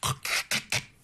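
Four quick rough snorting bursts in about a second: an adult's imitation of snoring, the sound made during sleep when the narrowed airway vibrates.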